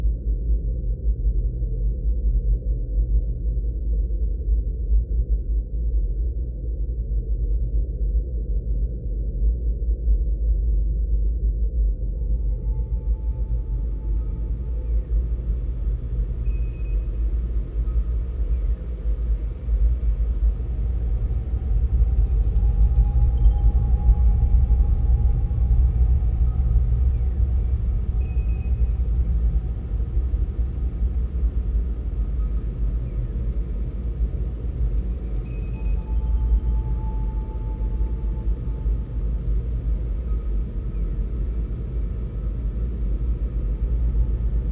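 A deep, steady spaceship rumble hums throughout, joined after about twelve seconds by faint high tones and soft beeps, swelling slightly midway.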